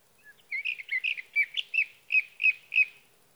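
Sage thrasher song, a run of short warbled notes, more widely spaced toward the end.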